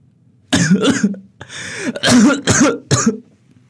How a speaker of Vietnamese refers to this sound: Bố tôi giận quá, lại lên cơn ho khủ khủ.